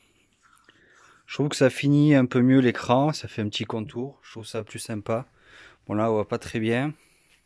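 A plastic screen visor is handled by the TFT dashboard screen of a BMW F900 XR motorcycle before being clipped onto the screen's rim. Someone talks throughout, with a few faint short ticks near the start. Nothing has seated or clicked yet.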